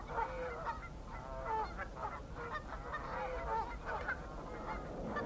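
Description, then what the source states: Canada goose: Canada geese honking, a dense overlapping chorus of nasal calls from a flock, continuing throughout. Pools on a reserve covered in Canada geese.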